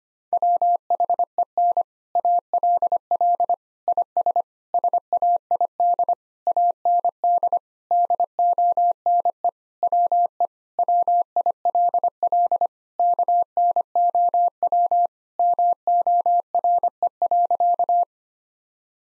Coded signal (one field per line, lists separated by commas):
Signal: Morse code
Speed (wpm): 25 wpm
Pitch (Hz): 700 Hz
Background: none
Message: WHEN ALL IS SAID AND DONE WE WILL KNOW MORE.